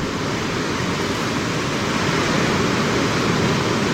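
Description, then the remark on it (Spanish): Wind roars over sea waves crashing against a house and its garden, making the house tremble, in a dense, unbroken wash of noise that stays loud and steady throughout, with no voices. “A esa hora empezó el viento, con una trepidación de la casa.”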